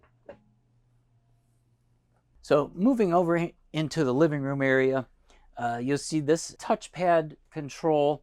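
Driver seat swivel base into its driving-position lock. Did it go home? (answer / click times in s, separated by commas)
yes / 0.3 s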